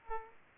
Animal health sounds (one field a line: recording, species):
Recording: mosquito wingbeat signal from an infrared sensor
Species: Aedes aegypti